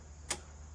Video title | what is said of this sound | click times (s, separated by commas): Qronge Discoverer E-bike - Commuter & For Fun | Let me get it to lock into place properly. | 0.3 s